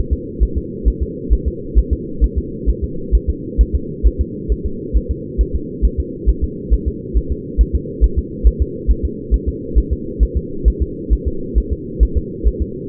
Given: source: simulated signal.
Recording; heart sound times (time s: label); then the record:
fetal heart sounds
0.13 s: S2
0.43 s: S1
0.58 s: S2
0.88 s: S1
1.03 s: S2
1.33 s: S1
1.48 s: S2
1.79 s: S1
1.93 s: S2
2.24 s: S1
2.38 s: S2
2.69 s: S1
2.84 s: S2
3.15 s: S1
3.30 s: S2
3.61 s: S1
3.75 s: S2
4.07 s: S1
4.21 s: S2
4.52 s: S1
4.66 s: S2
4.97 s: S1
5.11 s: S2
5.41 s: S1
5.55 s: S2
5.85 s: S1
6.00 s: S2
6.29 s: S1
6.44 s: S2
6.73 s: S1
6.88 s: S2
7.17 s: S1
7.32 s: S2
7.61 s: S1
7.75 s: S2
8.04 s: S1
8.19 s: S2
8.47 s: S1
8.62 s: S2
8.91 s: S1
9.05 s: S2
9.34 s: S1
9.48 s: S2
9.78 s: S1
9.93 s: S2
10.23 s: S1
10.37 s: S2
10.68 s: S1
10.82 s: S2
11.13 s: S1
11.28 s: S2
11.58 s: S1
11.73 s: S2
12.03 s: S1
12.17 s: S2
12.48 s: S1
12.62 s: S2
From the record:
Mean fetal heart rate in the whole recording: 135 bpm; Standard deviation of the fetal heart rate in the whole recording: 3 bpm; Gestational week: 34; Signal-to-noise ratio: -4.3 dB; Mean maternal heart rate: 72 bpm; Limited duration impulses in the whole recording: absent